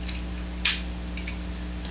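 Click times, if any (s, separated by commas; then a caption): 0.7 s. A plastic forearm armor piece, with its flap facing down, is fitted over a toy robot's other forearm and pressed until it seats with a sharp, bright snap at 0.7 s. Faint small ticks come before and after it against a steady low hum. The second forearm armor is snapped firmly in place.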